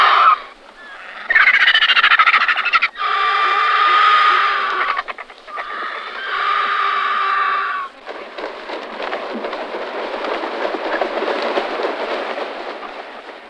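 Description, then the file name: Griffon vulture hoarse, grating calls in loud bursts for the first eight seconds, then a steady hissing, rustling noise. "sup-bělohlavý"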